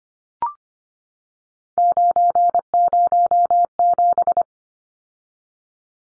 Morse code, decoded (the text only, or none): 907